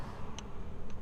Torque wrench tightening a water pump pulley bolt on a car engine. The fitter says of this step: clicking sound This is it If you hear it, stop turning it anymore